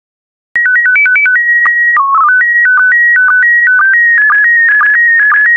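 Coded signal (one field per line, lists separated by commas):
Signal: SSTV (slow-scan television)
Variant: PD 120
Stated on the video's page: SSTV in PD120 mode sending still photographs.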